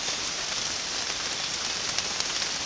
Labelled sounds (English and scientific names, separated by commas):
none